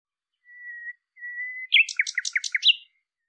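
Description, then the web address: Bird gives two plain whistled notes, then a lively series of short sweeping chirps, all against a silent background. "cianscape birddata Deverinetal 2025"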